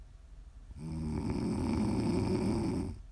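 A single ASMR snore from an adult sleeper, lasting about two seconds: a low, buzzy, rattling rumble that swells and fades, with quiet room noise before and after. It is ordinary snoring from vibration of the soft tissues of the throat during sleep.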